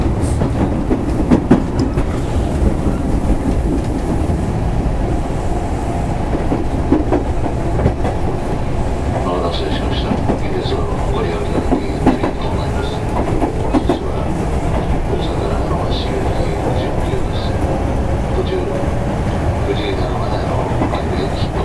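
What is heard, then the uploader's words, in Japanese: A Kintetsu 6020-series electric train runs steadily, its low rumble dense and unbroken for the whole stretch. Rapid clicks of wheels over rail joints come through, with a faint tonal whine rising from about nine seconds and brief higher squeals appearing later. 近畿日本鉄道、6020系電車の走行音。長野線、準急列車にて収録。区間は、 河内長野から道明寺までです。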